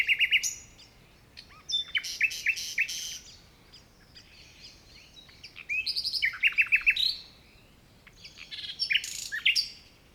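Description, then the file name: Common nightingale song in several bursts of rapid repeated notes and whistles, with quieter pauses between phrases. "Luscinia megarhynchos"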